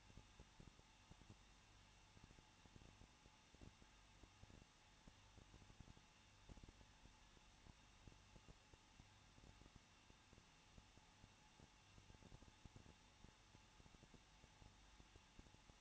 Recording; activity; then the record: daily activity, microphone in the room; no activity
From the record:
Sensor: 1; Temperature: 20.1 degrees Celsius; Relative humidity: 39.2%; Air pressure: 1006.3 hPa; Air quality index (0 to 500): 218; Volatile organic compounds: 77 ppm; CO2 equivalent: 3584 ppm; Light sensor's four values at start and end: 1/2/1/1 and 1/2/1/1